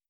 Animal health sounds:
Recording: hydrophone in a shrimp aquaculture tank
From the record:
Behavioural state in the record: starved

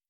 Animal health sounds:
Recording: hydrophone in a shrimp aquaculture tank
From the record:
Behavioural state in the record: starved

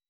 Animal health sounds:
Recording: hydrophone in a shrimp aquaculture tank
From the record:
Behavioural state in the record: weakened

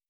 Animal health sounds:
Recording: hydrophone in a shrimp aquaculture tank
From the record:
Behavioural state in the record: stressed

